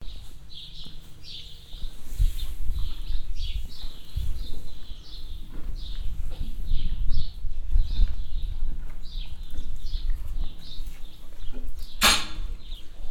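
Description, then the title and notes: Swallows twittering, a stream of short high chirps and warbles, over low thumps and rustles of livestock shifting, with one sharp bang near the end. Swallows inside a cow shed on a farm yard in Knaphoscheid, with cattle moving in their boxes. "Knaphoscheid - farm yard. The sound of the animals moving in their boxes and the swallows inside the shed"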